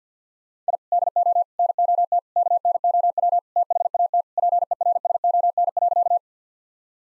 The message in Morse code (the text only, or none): I DO NOT KNOW THAT PERSON.